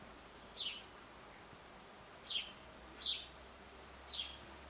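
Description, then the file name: House sparrow calls: a few short chirps, each dropping in pitch, with brief high ticks between, against quiet background hiss. "Passer domesticus"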